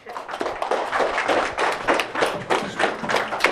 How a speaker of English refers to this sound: Clap your hands.